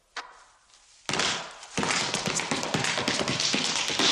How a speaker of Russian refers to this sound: Удар. Удар, должен быть удар. В степе главный удар. Как у барабанщика, только вместо палочек – ноги.